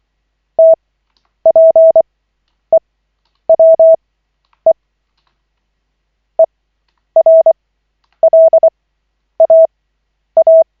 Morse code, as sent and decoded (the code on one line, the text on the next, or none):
- .--. . .-- . / . .-. .-.. .- .-
TPEWE ERLAA